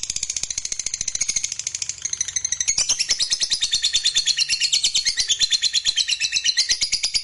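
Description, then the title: Lovebird song, a dense, rapid stream of high, buzzy chattering notes without pause, louder in the second half. Fighter-type lovebird singing energetically (gacor). "Berkat SUARA Lovebird FIGHTER GACOR Ini"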